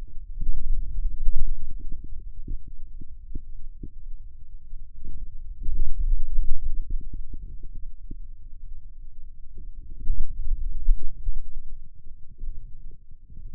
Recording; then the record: forearm muscle sounds (acoustic myography)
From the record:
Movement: hand opening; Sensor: system 2, bracelet of six BSWA MPA416 microphones around the upper forearm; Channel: 5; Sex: male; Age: 22 years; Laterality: right